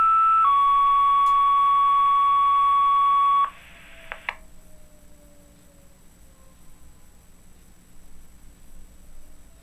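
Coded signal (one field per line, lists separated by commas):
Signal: two-tone page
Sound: brief higher steady tone, then a lower steady tone for about three seconds, then clicks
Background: radio static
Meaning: A tone-out that sets off the fire and EMS pagers assigned this tone pair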